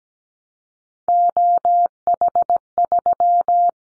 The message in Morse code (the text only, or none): OH3